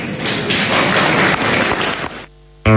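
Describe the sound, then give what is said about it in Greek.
Applause at a political rally where Plevris spoke: a dense, steady wash of many hands clapping for about two seconds, then it cuts to a brief droning hum before a sudden loud burst at the end. “Και τα χειροκροτήματα εδώ.”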